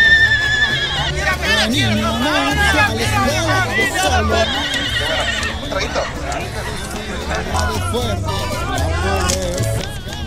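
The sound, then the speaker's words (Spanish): A horse neighs and whinnies repeatedly amid a busy crowd, with hooves clip-clopping and people chattering in the background throughout. “¿Quién es ese caballo?”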